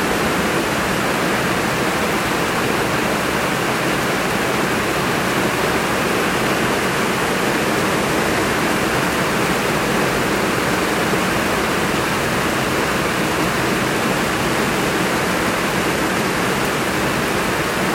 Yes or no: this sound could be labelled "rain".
yes